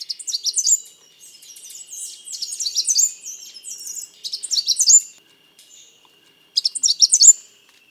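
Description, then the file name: Bird song: bursts of high, rapid chirping and twittering notes broken by short pauses, with a final burst after a longer silence. "SABIOD 50 bird 2015"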